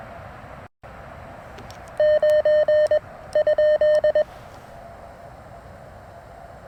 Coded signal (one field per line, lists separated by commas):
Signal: Morse code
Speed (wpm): 21 wpm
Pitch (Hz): 610 Hz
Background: none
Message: 9 ?